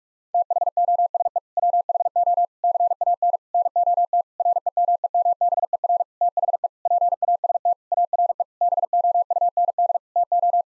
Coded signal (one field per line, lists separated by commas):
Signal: Morse code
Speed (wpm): 41 wpm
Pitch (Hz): 700 Hz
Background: none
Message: THOSE WHO CANNOT REMEMBER THE PAST ARE BOUND TO